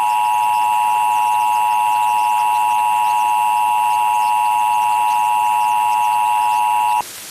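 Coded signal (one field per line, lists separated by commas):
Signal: Emergency Alert System (SAME) tones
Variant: 853 and 960 Hz attention tone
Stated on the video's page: EAS test.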